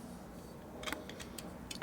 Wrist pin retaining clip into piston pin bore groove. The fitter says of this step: I did not hear the click did you I heard something I thought it was a screwdriver noise it is a screwdriver noise I haven't heard a click